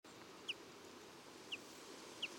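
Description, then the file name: Common chaffinch giving short sharp single call notes, three spaced out, over a steady background hiss. "Fringilla coelebs"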